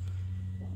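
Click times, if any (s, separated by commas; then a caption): none. A new LED puddle light housing is being pushed up into its opening on the underside of a 2023 Cadillac CT4-V Blackwing. Only a steady low hum is heard, with no sharp sounds. Nothing has seated or clicked yet.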